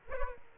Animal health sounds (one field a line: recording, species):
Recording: mosquito wingbeat signal from an infrared sensor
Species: Aedes aegypti